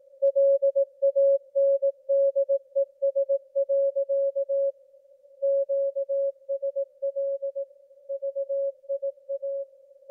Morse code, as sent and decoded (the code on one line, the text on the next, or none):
.-.. .- -. -.. . ... .-.-.- / --.- ... .-.. / ...- .. .-
LANDES. QSL VIA